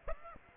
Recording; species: mosquito wingbeat signal from an infrared sensor; Aedes aegypti